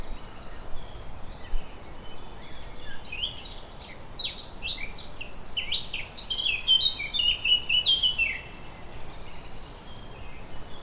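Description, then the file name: Eurasian blackcap delivering a busy warbled phrase of scratchy twitters building to clear fluting whistles over about six seconds, with soft background noise throughout. "Sylvia atricapilla"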